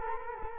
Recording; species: mosquito wingbeat signal from an infrared sensor; Culex quinquefasciatus